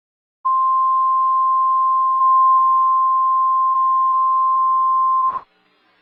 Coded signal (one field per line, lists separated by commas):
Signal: Emergency Alert System (SAME) tones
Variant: 1050 Hz attention tone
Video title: Torn-Nightmare - An EAS Scenario